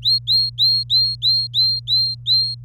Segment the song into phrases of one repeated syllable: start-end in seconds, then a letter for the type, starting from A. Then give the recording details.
0.03-2.55 A. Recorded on 24 April 2018 at 10:51. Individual llb3